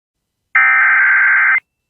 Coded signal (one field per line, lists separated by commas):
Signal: Emergency Alert System (SAME) tones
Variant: header bursts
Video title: LA TOR-C EAS #552